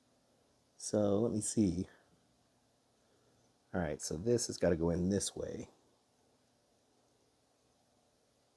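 A small wired pin connector on an Enterprise D model kit is turned and lined up to plug into the kit's circuit board. Someone talks in two short bursts over a quiet background, with no distinct handling sounds. Nothing has seated or clicked yet.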